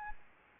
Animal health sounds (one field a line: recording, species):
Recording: mosquito wingbeat signal from an infrared sensor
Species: Anopheles arabiensis